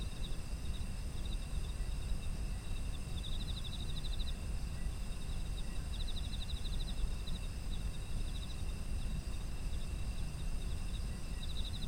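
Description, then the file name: Autumn insects: layered high insect trills run throughout; short pulsed chirp series recur several times against a deep, steady rumble. Autumn insect ambient soundscape. "秋の虫の環境音"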